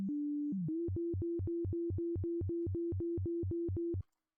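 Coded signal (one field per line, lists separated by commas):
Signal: none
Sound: synth LFO pitch beeps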